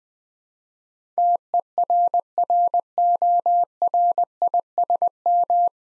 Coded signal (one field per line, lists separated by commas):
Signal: Morse code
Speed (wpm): 20 wpm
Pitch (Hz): 700 Hz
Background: none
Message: TERRORISM